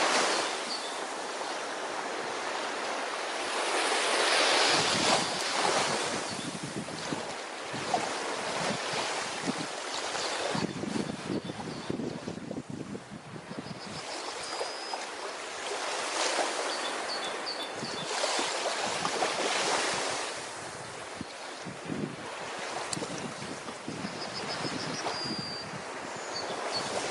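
Ocean waves roll in and wash out in broad, hissing surges, the sea noise swelling roughly every five seconds around 5, 10, 15 and 20 seconds. Wind buffets the microphone with low rumbling gusts, and faint bird-like chirps flicker high above.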